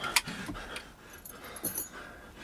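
Keys jangle and clink against metal as handcuffs are unlocked, a sharp bright clack at the start followed by a few scattered light metallic rattles and clicks, with no talking.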